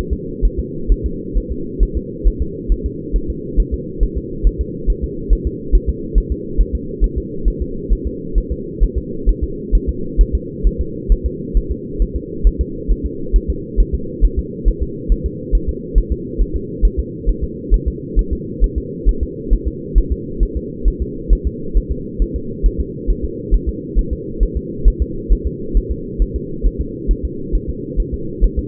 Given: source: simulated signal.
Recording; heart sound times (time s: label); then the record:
fetal heart sounds
0.13 s: S2
0.45 s: S1
0.59 s: S2
0.92 s: S1
1.06 s: S2
1.38 s: S1
1.52 s: S2
1.83 s: S1
1.97 s: S2
2.27 s: S1
2.42 s: S2
2.72 s: S1
2.86 s: S2
3.16 s: S1
3.30 s: S2
3.60 s: S1
3.74 s: S2
4.03 s: S1
4.17 s: S2
4.47 s: S1
4.61 s: S2
4.90 s: S1
5.04 s: S2
5.33 s: S1
5.47 s: S2
5.75 s: S1
5.89 s: S2
6.18 s: S1
6.32 s: S2
6.61 s: S1
6.75 s: S2
7.04 s: S1
7.18 s: S2
7.48 s: S1
7.62 s: S2
7.92 s: S1
8.07 s: S2
8.38 s: S1
8.52 s: S2
8.83 s: S1
8.98 s: S2
9.29 s: S1
9.44 s: S2
9.75 s: S1
9.89 s: S2
10.21 s: S1
10.35 s: S2
10.67 s: S1
10.81 s: S2
11.12 s: S1
11.26 s: S2
11.57 s: S1
11.72 s: S2
12.02 s: S1
12.16 s: S2
12.47 s: S1
12.61 s: S2
12.91 s: S1
13.06 s: S2
13.36 s: S1
13.50 s: S2
13.80 s: S1
13.95 s: S2
14.24 s: S1
14.39 s: S2
14.68 s: S1
14.83 s: S2
15.12 s: S1
15.26 s: S2
15.55 s: S1
15.69 s: S2
15.98 s: S1
16.12 s: S2
16.41 s: S1
16.56 s: S2
16.85 s: S1
16.99 s: S2
17.29 s: S1
17.44 s: S2
17.74 s: S1
17.88 s: S2
18.19 s: S1
18.33 s: S2
18.64 s: S1
18.78 s: S2
19.09 s: S1
19.23 s: S2
19.53 s: S1
19.68 s: S2
19.98 s: S1
20.12 s: S2
20.43 s: S1
20.57 s: S2
20.88 s: S1
21.02 s: S2
21.33 s: S1
21.47 s: S2
21.77 s: S1
21.92 s: S2
22.22 s: S1
22.36 s: S2
22.66 s: S1
22.80 s: S2
23.10 s: S1
23.24 s: S2
23.54 s: S1
23.69 s: S2
23.99 s: S1
24.13 s: S2
24.43 s: S1
24.57 s: S2
24.88 s: S1
25.02 s: S2
25.32 s: S1
25.47 s: S2
25.77 s: S1
25.91 s: S2
26.22 s: S1
26.36 s: S2
26.66 s: S1
26.81 s: S2
27.11 s: S1
27.25 s: S2
27.55 s: S1
27.69 s: S2
28.00 s: S1
28.14 s: S2
28.44 s: S1
28.59 s: S2
From the record:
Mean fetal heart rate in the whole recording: 135 bpm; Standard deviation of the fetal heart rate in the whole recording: 3 bpm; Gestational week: 36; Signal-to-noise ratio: -4.3 dB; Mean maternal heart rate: 72 bpm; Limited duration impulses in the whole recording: present